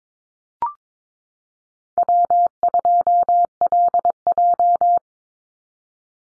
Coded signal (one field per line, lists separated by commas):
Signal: Morse code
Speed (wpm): 22 wpm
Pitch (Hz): 700 Hz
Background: none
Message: W2LJ